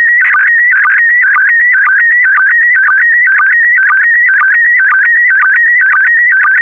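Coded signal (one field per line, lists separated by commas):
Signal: SSTV (slow-scan television)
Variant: PD120 mode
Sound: warbling tone shifting between pitches, with a short low chirp about twice a second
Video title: (04 of 12) ISS Expedition 63 - ARISS Series 16 Satellites October 2020 - Retransmission SSTV PD120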